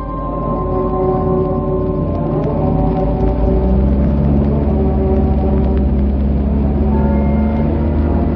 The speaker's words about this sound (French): La voiture fraye lentement son passage à travers le brouillard